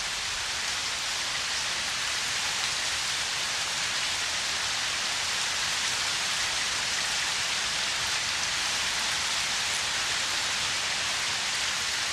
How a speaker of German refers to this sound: Der Regen fällt nieder wie ein Albtraum.